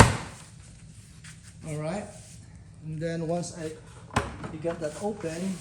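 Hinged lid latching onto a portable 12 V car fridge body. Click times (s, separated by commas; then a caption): 0.0 s. The hinged lid of a Fullwatt 12 V dual-zone portable car fridge is pressed back down onto the fridge body, and its plastic latch catches with one sharp, loud click at 0.0 s. The lid is latched shut, and then someone talks.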